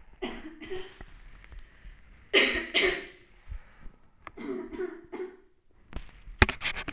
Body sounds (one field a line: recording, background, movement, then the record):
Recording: deep breathing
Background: a bystander coughing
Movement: sitting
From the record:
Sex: male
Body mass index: 20.6 kg/m2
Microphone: on the chest, facing the body